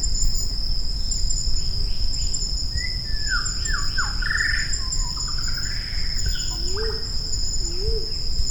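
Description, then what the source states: Shama song: clear whistled phrases with falling slurs and a short run of notes near the middle, then two soft low whistled notes, over a steady high insect drone. On Maratua.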